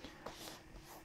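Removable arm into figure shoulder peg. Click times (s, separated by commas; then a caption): 0.3 s. The removable arm of a Hot Toys Darth Vader action figure is pushed onto its short shoulder peg. A brief tap comes at 0.0 s and a faint click at 0.3 s, followed by soft shuffling. The arm doesn't click in firmly and stays floppy because the peg is very short.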